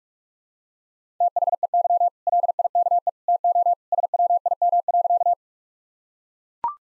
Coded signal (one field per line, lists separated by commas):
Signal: Morse code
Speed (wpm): 41 wpm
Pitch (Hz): 700 Hz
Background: none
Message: THEY LIKE TO SWIM.